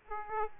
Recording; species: mosquito wingbeat signal from an infrared sensor; Aedes aegypti